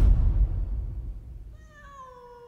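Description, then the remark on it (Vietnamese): A low rumbling noise fades out, then a single drawn-out meow rises in from a cat held in a man's arms in a banana garden, with clear, wavering harmonics, moderately loud and alone, holding for about a second. “Bởi vì đúng như lời con Yến nói là Bắc Phúc, là bố nó đang đứng ở trong vườn chuối, tay đang ôm con mèo.”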